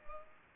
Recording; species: mosquito wingbeat signal from an infrared sensor; Culex pipiens